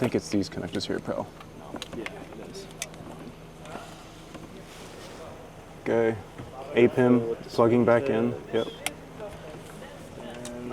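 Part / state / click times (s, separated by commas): wiring harness connector into truck control module / seated / 10.5 s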